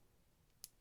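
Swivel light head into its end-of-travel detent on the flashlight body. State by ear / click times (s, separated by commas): seated / 0.6 s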